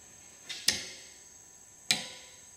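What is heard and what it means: A click-type torque wrench with a crowfoot adapter set at 90 degrees is rotated on an AN818 flare nut of an aircraft fuel or hydraulic line. A faint tick at about 0.5 s is followed by sharp metallic clicks at 0.7 s and 1.9 s, each ringing briefly before fading. The wrench gives its click at the set torque, confirming the flare nut is tightened.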